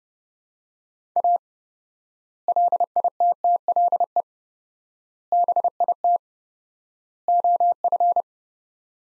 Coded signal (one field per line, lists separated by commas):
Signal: Morse code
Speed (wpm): 32 wpm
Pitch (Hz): 700 Hz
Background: none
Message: A LITTLE BIT OF